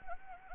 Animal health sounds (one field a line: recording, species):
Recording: mosquito wingbeat signal from an infrared sensor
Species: Anopheles arabiensis